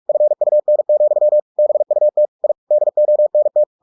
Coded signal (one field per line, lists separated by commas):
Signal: Morse code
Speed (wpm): 46 wpm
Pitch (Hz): 600 Hz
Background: none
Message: FUN, BUT I DONT